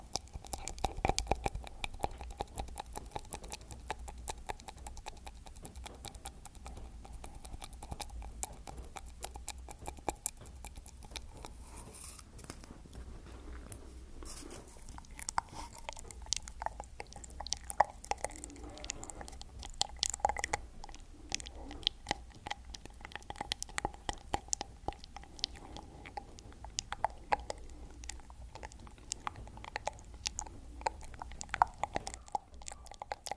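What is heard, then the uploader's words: Wet mouth sounds: dense clicks, smacks and chewing-like pops crowd the whole clip with little pause. A faint steady tone hums underneath throughout, and the clicking thins briefly around twelve seconds before picking back up, busier and sharper toward the end. ASMR Tascam Vs Blue Yeti Nano Vs OG Blue Yeti Comparison. (MOUTH SOUNDS).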